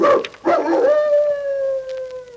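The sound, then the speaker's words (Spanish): A dog, old Towser, gives an alarm call: a loud, rising-then-sustained howl, starting with a couple of rough yelps before settling into one long, steady, mournful tone that slowly fades. “¡Llamada de alarma del viejo Towser, mi coronel!”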